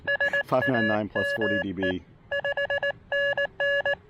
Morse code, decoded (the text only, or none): SAME 5NN